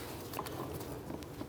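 A wiring harness connector is lined up and pressed toward the new HVAC blower motor of a 2004-2012 Chevrolet Colorado, where it should lock with a click. Over a steady low rumble, only faint handling taps are heard, near 0.4 s and 1.2 s. Nothing has seated or clicked yet.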